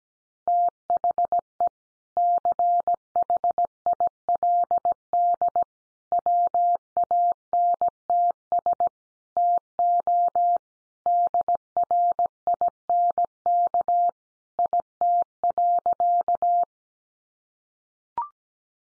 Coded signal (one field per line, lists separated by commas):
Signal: Morse code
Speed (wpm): 17 wpm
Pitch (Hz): 700 Hz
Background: none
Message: THE CHILD WANTS TO DRINK IT.